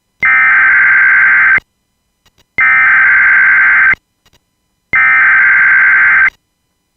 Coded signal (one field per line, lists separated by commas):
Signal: Emergency Alert System (SAME) tones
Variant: header bursts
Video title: EAS SCENARIO: The Los Santos Riots {VALID TONES}